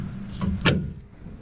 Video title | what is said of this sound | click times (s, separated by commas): Brake Pad Swap On A Ford F-150 | work it on. Pops right in. | 0.4 s